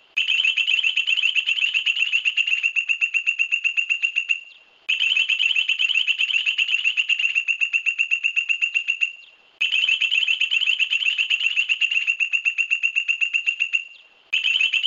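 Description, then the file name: Point-tailed palmcreeper repeating its song three times, with a fourth beginning at the end. Each is a fast, loud rattle of piercing notes about four seconds long, trailing off before a short pause. "Canto do limpa folha do buriti"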